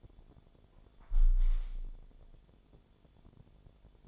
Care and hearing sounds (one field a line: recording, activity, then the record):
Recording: daily activity, microphone in the room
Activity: close window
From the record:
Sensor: 5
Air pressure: 1014.9 hPa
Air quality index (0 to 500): 105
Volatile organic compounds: 2 ppm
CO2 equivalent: 1122 ppm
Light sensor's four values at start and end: 35/81/33/31 and 35/81/33/31